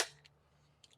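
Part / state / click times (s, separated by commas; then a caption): handlebar stem into folding stem lock / not seated / none. The handlebars of a Yitahome collapsible bicycle are being brought up on the folding stem toward the stem lock. A loud broadband burst at the start fades into a low, steady hum, with brief light ticks near 0.3, 0.8 and 0.9 s. Nothing has seated or clicked yet.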